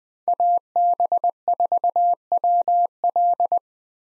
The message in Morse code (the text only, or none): AB4WL